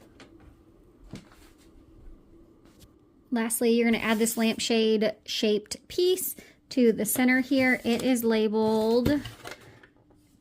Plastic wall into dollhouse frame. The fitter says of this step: you have it lined up, just push until it clicks.